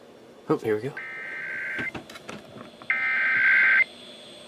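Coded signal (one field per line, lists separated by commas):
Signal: Emergency Alert System (SAME) tones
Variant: header bursts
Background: speech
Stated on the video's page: Weekly EAS tests from stations WSRS and WBZ.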